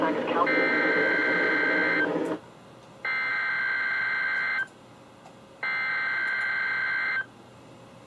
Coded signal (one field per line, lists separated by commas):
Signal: Emergency Alert System (SAME) tones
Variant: header bursts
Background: speech